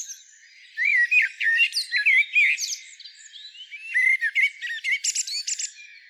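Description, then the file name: Common blackbird song: a run of rich whistled warbles that turns into a scratchy, high-pitched twittering flourish near the end. "Turdus merula"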